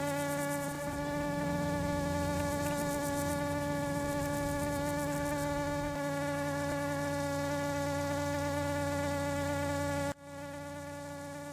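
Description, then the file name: Common drone fly wingbeat buzz, an unbroken steady drone with rich harmonics, dipping abruptly near the end before resuming slightly quieter. Hovering. "Eristalis tenax - hovering"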